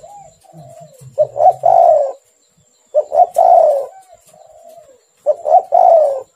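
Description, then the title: Spotted dove cooing: three phrases of two short notes then a longer, falling, throaty coo, about two seconds apart, with softer coos between and a steady high whine. "Tekukur"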